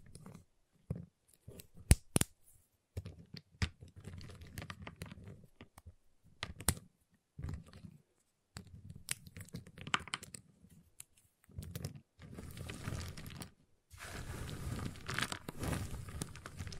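Tapping, cutting and snapping on a giant chocolate bar, heard as sharp isolated clicks and short crisp bursts broken by silent gaps. Sharp snaps land near two seconds and again around seven and eleven. Longer, denser crackling stretches fill the last five seconds.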